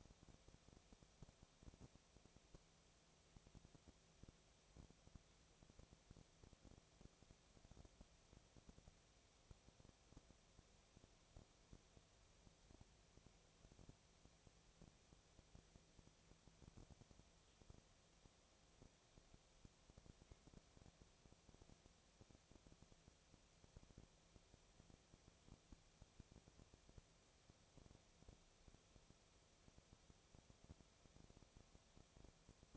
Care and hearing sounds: daily activity, microphone in the room; no activity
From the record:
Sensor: 1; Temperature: 19.6 degrees Celsius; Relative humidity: 36.5%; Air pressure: 996.9 hPa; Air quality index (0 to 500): 204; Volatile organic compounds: 128 ppm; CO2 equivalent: 3916 ppm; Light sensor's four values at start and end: 1/2/1/1 and 1/2/1/1

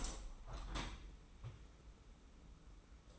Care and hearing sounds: daily activity, microphone in the room; open window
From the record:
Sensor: 1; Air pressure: 991.3 hPa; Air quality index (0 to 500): 112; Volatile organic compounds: 123 ppm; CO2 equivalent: 3893 ppm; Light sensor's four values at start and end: 37/117/46/47 and 38/117/46/48

